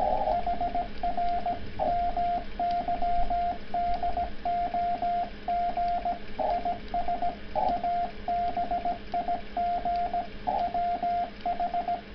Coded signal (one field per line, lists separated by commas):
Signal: Morse code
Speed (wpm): 17 wpm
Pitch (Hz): 690 Hz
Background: radio noise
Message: HR MY DOG IS A BIG WH